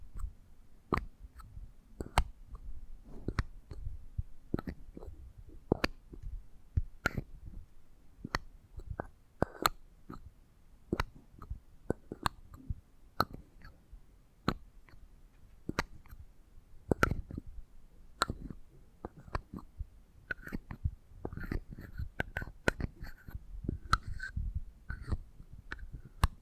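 Eardrum massage sounds made of soft taps, rubs and sharp clicks that come every second or so, some bunched in quick pairs. Low muffled thumps sit under the crisp ticks, and a faint scratchy texture runs steadily between the hits.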